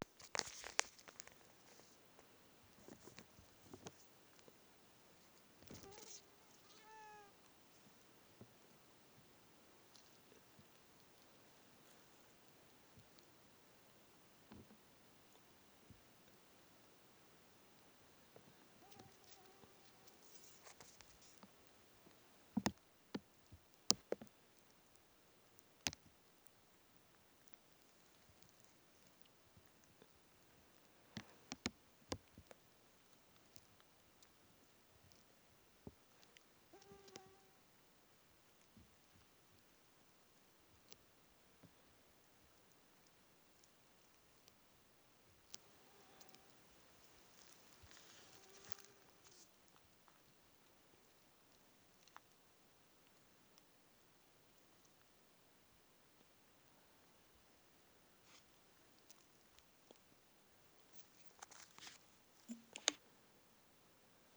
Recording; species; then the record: mosquito flight sound by mobile phone; Aedes sierrensis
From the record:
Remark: in a plastic bag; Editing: field recording with all noises